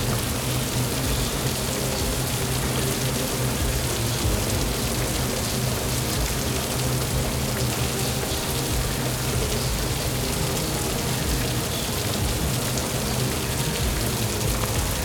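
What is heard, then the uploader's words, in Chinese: Steady summer rain falls without pause, a dense hiss of countless drops spread evenly from low to bright. Beneath it runs a constant low rumble, and the level holds flat for the whole stretch, with no distinct events standing out. 雨天 夏天。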